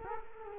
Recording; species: mosquito wingbeat signal from an infrared sensor; Culex quinquefasciatus